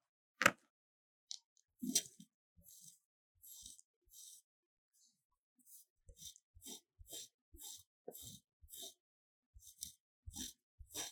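A block of magnesium is scraped in short, rough strokes, each a bright hissing rasp with a low thud beneath. Sharp cracks land near the start and around two seconds, then the strokes come faster and more regularly from six seconds on, separated by brief silences.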